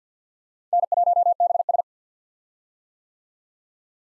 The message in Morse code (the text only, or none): N1BS